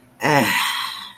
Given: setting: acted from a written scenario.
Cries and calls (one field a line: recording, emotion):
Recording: vocal sound without words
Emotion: ecstasy